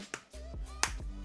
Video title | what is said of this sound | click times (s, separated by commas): The Best Mous Case Yet? Limitless for iPhone 17 Pro Max & iPhone Air | But if we just listen for the click. | 0.8 s